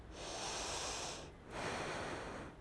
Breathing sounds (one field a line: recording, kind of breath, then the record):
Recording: one breath in and out by a microphone near the nose and mouth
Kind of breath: deep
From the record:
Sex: female